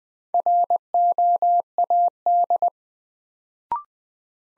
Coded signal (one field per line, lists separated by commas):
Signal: Morse code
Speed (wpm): 20 wpm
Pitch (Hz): 700 Hz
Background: none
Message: ROAD